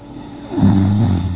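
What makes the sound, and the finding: Adult woman asleep. Snoring.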